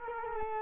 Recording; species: mosquito wingbeat signal from an infrared sensor; Culex quinquefasciatus